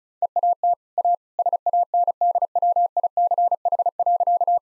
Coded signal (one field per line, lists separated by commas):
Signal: Morse code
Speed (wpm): 34 wpm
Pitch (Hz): 700 Hz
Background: none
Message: EAT A SANDWICH.